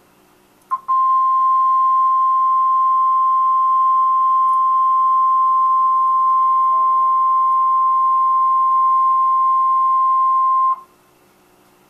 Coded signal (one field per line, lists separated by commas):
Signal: Emergency Alert System (SAME) tones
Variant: 1050 Hz attention tone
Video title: EAS #609: Tornado Warning (4/17/2013)